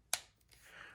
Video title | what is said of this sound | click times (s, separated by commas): Kore Battle Belt Unboxing & Setup | the clip right here, your belt slips in, you'll hear a click | 0.1 s